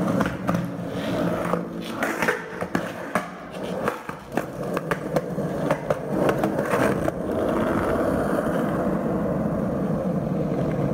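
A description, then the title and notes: Skateboard wheels roll steadily over pavement with a constant low rumble, broken in the first seven seconds by frequent sharp clacks and board snaps. After about seven seconds the rolling continues smoothly with fewer impacts. Skateboarding Sounds. Mix of random ppl skating.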